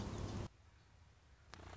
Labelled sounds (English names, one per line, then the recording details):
Song Sparrow
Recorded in Sonoma County, California